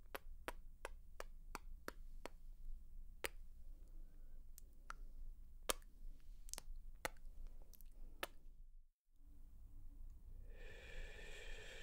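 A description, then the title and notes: Mouth sounds: a quick, even run of sharp tongue clicks opens the clip, then sparser, irregular clicks and smacks continue to about eight seconds. After a brief silence, a steady hissing shh fills the last seconds over a low, constant rumble. Assorted Mouth Sounds ~ (Sk, Tk, Shh, Kissing etc).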